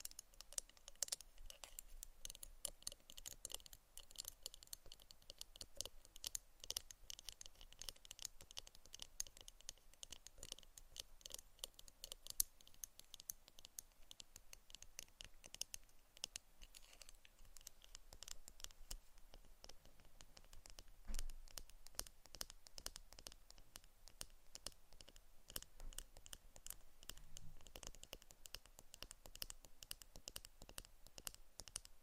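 ASMR tapping and scratching: dense, fast clicks and crisp scrapes run continuously for the whole stretch, bright and uneven, with occasional louder taps.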